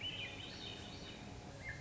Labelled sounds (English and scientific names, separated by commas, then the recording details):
Swainson's Thrush (Catharus ustulatus)
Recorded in Sonoma County, California